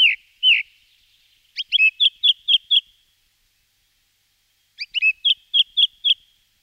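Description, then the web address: Thrush song of crisp, repeated whistled notes: a couple of notes, then two short bursts separated by a pause of about two seconds. "Drozg"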